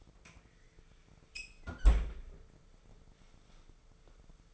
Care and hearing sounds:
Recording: daily activity, microphone in the room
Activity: close fridge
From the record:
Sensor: 5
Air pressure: 1015.0 hPa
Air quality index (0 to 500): 190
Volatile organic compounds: 8 ppm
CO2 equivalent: 2090 ppm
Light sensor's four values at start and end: 90/209/91/102 and 85/195/85/95

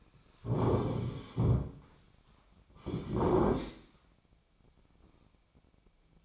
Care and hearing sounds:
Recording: daily activity, microphone in the room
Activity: sit down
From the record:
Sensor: 1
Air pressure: 1009.3 hPa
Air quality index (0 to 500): 178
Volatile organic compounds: 3 ppm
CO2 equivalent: 1499 ppm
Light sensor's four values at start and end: 34/92/38/44 and 37/100/41/48

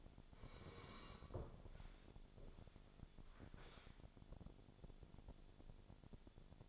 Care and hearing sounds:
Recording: daily activity, microphone in the room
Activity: sit down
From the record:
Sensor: 5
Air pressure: 1000.5 hPa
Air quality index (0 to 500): 140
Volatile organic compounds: 2 ppm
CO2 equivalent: 1091 ppm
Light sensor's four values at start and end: 46/107/45/47 and 46/107/45/47

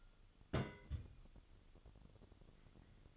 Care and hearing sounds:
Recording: daily activity, microphone in the room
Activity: place on stove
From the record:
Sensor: 4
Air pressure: 1008.7 hPa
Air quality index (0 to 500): 104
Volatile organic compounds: 1 ppm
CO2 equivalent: 772 ppm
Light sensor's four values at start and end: 10/23/9/9 and 10/23/9/9

